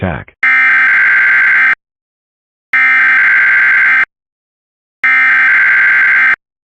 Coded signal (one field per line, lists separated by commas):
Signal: Emergency Alert System (SAME) tones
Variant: header bursts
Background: speech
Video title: Emergency Alert System (UK) - The Scarlet Apocalypse (Part I)